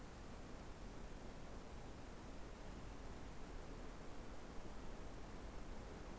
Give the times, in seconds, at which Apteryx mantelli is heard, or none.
none